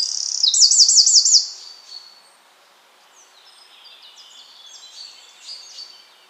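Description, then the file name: Eurasian wren giving a brief, loud rolling trill at the start, then fainter high twittering song continuing quietly behind a soft background hiss. "Troglodytes troglodytes"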